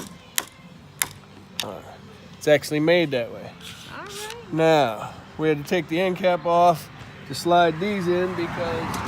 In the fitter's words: know it's supposed to do that that's what this thing's made for you're supposed to do three clicks